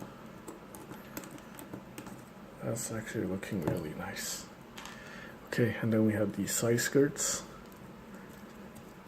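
A plastic side skirt armor piece is handled for fitting onto the hip of a Bandai Gundam Fix Figuration #0010 Gundam Gerbera/Gerbera Tetra Custom action figure, with light, sharp handling ticks and someone talking. Nothing has seated or clicked into place yet.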